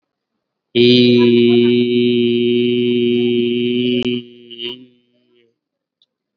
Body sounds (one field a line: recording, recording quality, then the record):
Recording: sustained vowel as in beet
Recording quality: excellent, no background noise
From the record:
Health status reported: COVID-19 positive, mild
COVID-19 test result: positive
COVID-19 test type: RT-PCR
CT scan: not taken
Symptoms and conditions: cold, sore throat, fever, fatigue, muscle pain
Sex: male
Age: 36 years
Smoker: no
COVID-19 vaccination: both doses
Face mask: worn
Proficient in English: yes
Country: India